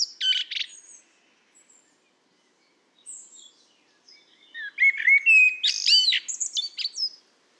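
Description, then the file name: Common blackbird with a few scratchy high notes at first, then a full phrase of fluty whistles turning into a high, squeaky twitter. "Turdus merula"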